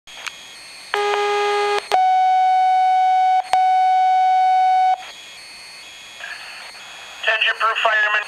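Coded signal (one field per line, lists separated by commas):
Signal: two-tone page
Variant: Motorola Minitor III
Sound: a one-second buzzy tone, then a three-second steady higher tone, then quieter audio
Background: radio static, brief voice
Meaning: The tone pair activates the fire department's pagers for a page-out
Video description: Here is Peru getting paged out for an accident on the interstate on my pager.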